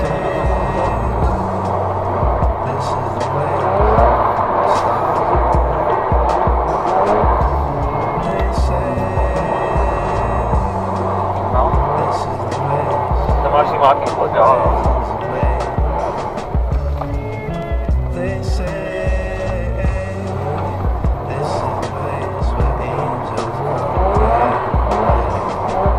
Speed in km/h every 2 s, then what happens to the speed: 17, 6, 9, 7, 14, 6, 10, 13, 22, 22, 24, 16, 25.
0-6 slows to 7. 6-9 speeds up to 14. 11-16 speeds up to 22. 16-26 steady at about 22.